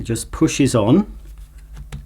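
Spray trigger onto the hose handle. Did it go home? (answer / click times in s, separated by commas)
no / none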